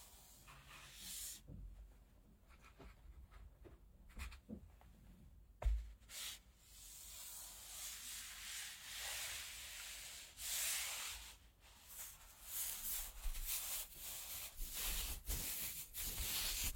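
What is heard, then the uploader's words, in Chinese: Soft rubbing of stockinged feet: bright, airy swishing strokes that come in irregular bursts, some quick and some drawn out over a second or two. A single dull knock lands near six seconds, and the strokes grow busier and louder toward the end. 足丝袜 摩擦音。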